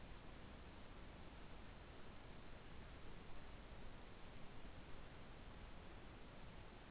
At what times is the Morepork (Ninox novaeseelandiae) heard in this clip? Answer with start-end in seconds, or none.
none